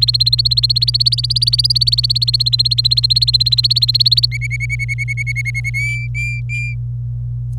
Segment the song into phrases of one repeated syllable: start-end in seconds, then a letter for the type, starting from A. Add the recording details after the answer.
0.01-4.26 A, 4.31-5.70 B, 5.74-6.74 C. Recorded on 26 April 2018 at 05:50. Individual llb3